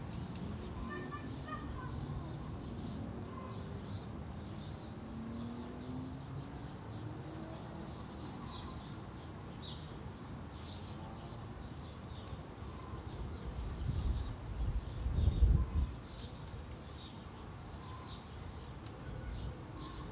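Garden sounds with a steady low rumble of city traffic underneath. Short bird chirps and calls come often, scattered through the whole stretch, with faint voice-like murmurs early on. Around fifteen seconds a louder low thump or passing sound briefly rises above the rest.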